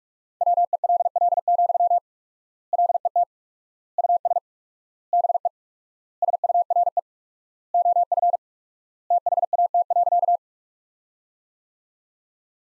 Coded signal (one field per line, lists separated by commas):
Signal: Morse code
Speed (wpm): 46 wpm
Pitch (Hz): 700 Hz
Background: none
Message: WELL, LET US BE SURE OF THAT.